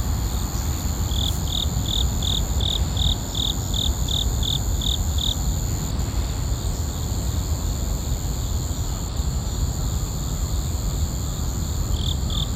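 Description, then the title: Insect song: a clear, high pulsed chirping, about three pulses a second for four seconds, over steady high insect hum and a loud low rumble. Recorded during a morning walk in a park. "公園の朝散歩より. 虫の音"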